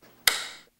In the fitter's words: and then fasten around your natural waist you'll hear a click when the buck is secure